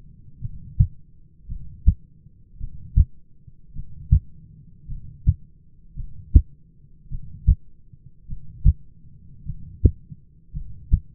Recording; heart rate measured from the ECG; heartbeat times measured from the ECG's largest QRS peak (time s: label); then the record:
heart sounds by stethoscope; 53 bpm
0.41 s: heartbeat
1.47 s: heartbeat
2.59 s: heartbeat
3.74 s: heartbeat
4.87 s: heartbeat
5.95 s: heartbeat
7.10 s: heartbeat
8.27 s: heartbeat
9.45 s: heartbeat
10.53 s: heartbeat
From the record:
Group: heart failure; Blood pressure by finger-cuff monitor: 99/58 mmHg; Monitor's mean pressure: 72 mmHg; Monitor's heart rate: 53 bpm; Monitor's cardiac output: 6 L/min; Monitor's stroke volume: 112 mL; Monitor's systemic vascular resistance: 870 dyn s/cm5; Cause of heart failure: dilated cardiomyopathy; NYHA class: 2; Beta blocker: bisoprolol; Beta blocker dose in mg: 10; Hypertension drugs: sacubitril-valsartan, spironolactone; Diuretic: furosemide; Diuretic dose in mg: 40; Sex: male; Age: 29 years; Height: 174 cm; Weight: 92 kg